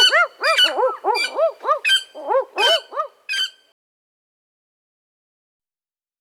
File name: barking owl